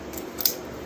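The blade of a vintage scout pocket knife is snapped in and out of its handle against the backspring. After a faint tick near 0.2 s, two sharp metallic clicks come at 0.4 s and 0.5 s as the blade seats into position. The action works fine.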